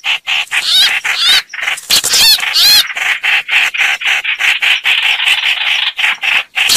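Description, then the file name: Red-whiskered bulbul distress calls: a few wavering whistled phrases early, then a steady train of short harsh rasps. Distress call (crying for help). "Tieng trao trao keu cuu"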